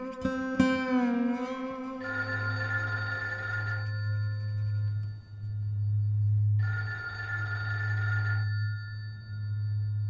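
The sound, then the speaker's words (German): A telephone rings in two long electronic bursts with a pause between, a steady buzzing tone over a low hum, preceded by a brief tonal chirp at the start. “Ah, Telefon.”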